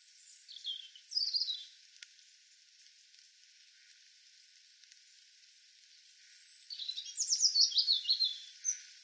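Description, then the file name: European robin song phrases, high thin warbling and trilled notes around two bursts, a short one early and a longer tumbling phrase near the end, with faint background hiss. "Erithacus rubecula"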